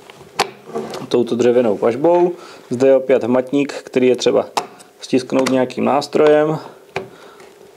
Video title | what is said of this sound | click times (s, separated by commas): Samopal vzor 61 Škorpion - velký speciál - Střelnice HD | do vhodné pozice zaskočí takto a | 7.0 s